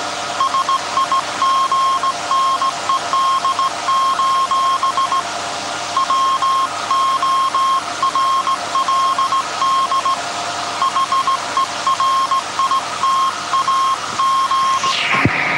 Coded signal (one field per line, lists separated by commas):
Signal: Morse code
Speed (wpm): 17 wpm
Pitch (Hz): 1070 Hz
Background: none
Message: SIGNED: WORLD HERITAGE